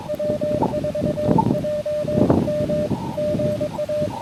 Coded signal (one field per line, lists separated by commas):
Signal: Morse code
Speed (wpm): 22 wpm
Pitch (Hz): 600 Hz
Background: none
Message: W4JM GA